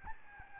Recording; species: mosquito wingbeat signal from an infrared sensor; Aedes albopictus